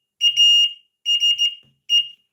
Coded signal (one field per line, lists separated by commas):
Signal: Morse code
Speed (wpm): 16 wpm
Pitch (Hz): 2850 Hz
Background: none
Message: ASE